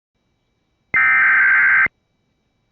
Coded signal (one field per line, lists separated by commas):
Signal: Emergency Alert System (SAME) tones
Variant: header bursts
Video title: Tornado Warning Louisiana (EAS #16)